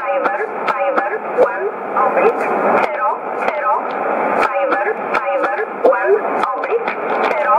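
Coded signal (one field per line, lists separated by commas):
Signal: numbers station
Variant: E11, English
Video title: 25 08 2015 Numbers Station E11 in English 1925 on 11581 USB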